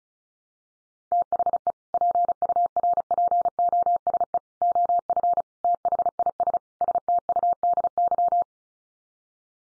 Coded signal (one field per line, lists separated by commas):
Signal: Morse code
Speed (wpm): 34 wpm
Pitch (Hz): 700 Hz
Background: none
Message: THE PURPOSE OF THIS STUDY